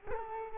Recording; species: mosquito wingbeat signal from an infrared sensor; Culex quinquefasciatus